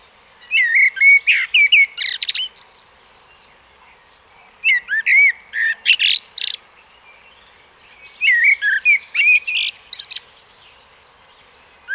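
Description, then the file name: Common blackbird song: three bursts of varied whistled and chattering phrases, rising notes near the low end and sharp high squeaky flourishes, separated by short pauses. "Turdus merula"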